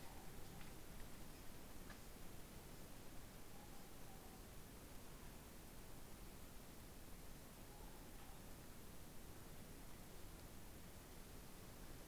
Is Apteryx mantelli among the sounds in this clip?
no